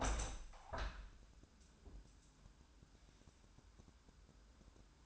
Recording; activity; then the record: daily activity, microphone in the room; open window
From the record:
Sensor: 2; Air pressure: 1000.4 hPa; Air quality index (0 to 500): 126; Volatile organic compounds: 2 ppm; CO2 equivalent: 1058 ppm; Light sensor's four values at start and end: 11/31/12/14 and 12/32/13/15